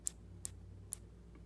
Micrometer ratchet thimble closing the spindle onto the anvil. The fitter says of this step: we twist it all the way and then it'll click we